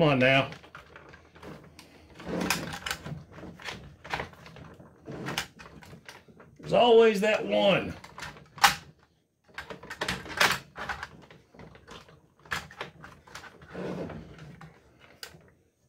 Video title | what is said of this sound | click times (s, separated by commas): Siege Omega Supreme with Countdown | he's in all the way he just didn't snap so now | none